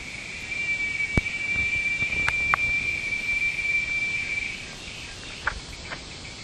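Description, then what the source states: Cicada call: a continuous high, shrill drone lasting around four seconds before fading out, with scattered knocks and clicks in the background. Recorded in Brazos County.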